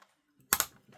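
A plastic Lego joint is pushed into the Lego Super Mario Piranha Plant model (set 71426, 2023) until it gives the audible snap the instructions call for. A sharp, loud snap lands at 0.5 s, followed closely by a second hit and a few faint clicks. The joint is seated.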